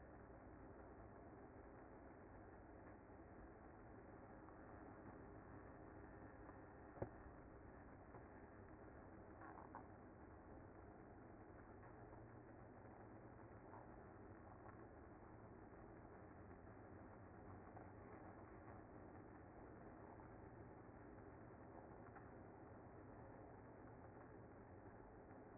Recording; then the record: honeybee colony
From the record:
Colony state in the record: active